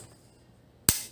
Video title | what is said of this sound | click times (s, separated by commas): Usapang Baril EP03: UDMC S5 PVAR 5.56mm Review | and you turn that knob until it clicks | 0.9 s